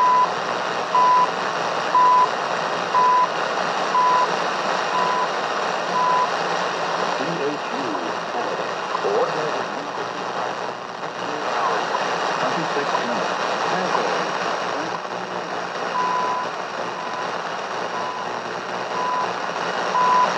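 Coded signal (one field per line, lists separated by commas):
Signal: radio time signal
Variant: CHU Canada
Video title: CHU Canada time signal received at 7850 MHZ Sony TR-837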